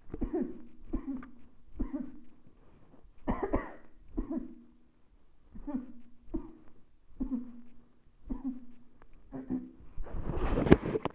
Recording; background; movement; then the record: throat clearing; quiet; sitting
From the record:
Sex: female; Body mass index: 36.4 kg/m2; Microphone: on the chest, facing the body